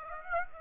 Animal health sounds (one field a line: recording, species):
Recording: mosquito wingbeat signal from an infrared sensor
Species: Aedes aegypti